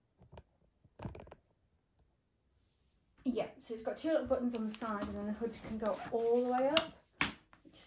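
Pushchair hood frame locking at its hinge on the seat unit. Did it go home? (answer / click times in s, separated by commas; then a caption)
yes / 7.2 s. The fabric hood of a Nuna Mixx Next pushchair, which has two little buttons on the side, is raised all the way up on its plastic hinge frame on the seat unit. After a few faint taps and rustles early on, someone talks as the hood goes up. One sharp, loud click at 7.2 s marks the hood locking into its fully raised position.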